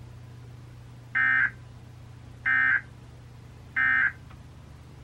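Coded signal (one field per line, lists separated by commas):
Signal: Emergency Alert System (SAME) tones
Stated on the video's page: Monthly and weekly tests received on NOAA weather radios and a broadcast station.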